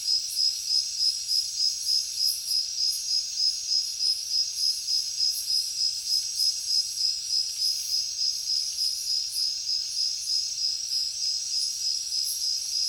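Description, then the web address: Crickets trilling in a steady chorus, strongly rhythmic pulses roughly three per second, with high shimmering chirps layered on top. Heavy cricket chorus in a jungle at night. "papadroid sound Nature Jungle Night Heavy Crickets"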